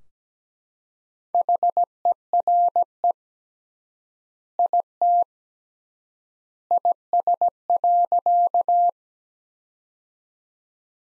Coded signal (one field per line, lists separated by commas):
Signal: Morse code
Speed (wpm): 17 wpm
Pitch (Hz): 700 Hz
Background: none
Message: HERE IT IS.